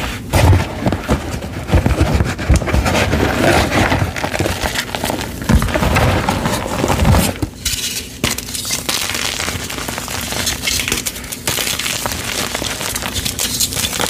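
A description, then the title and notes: Gym chalk is crushed in baby oil with dense, gritty crackling and squishing that runs continuously. The grinding is heavier and fuller for the first seven seconds, then thins to a lighter, steadier crinkle with a low hum beneath and occasional sharper snaps. Baby Oil Gym Chalk Crushing Compilation.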